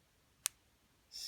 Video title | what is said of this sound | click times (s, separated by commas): Vibershield Techniologies sizing video | you can see the teeth so once again when this closes you will hear a snap | 0.5 s